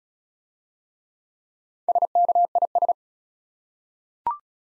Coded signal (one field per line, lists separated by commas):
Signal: Morse code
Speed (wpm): 34 wpm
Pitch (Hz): 700 Hz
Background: none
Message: SKIS